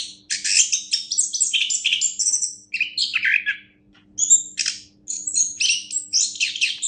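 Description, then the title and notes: Orange-headed thrush song in energetic bursts of dense, high scratchy notes and whistles separated by short gaps, with a faint hum. Competition-winning singer, described as a national champion. "Anis Kembang Juara Nasional. kicau anis kembang"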